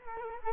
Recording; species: mosquito wingbeat signal from an infrared sensor; Culex quinquefasciatus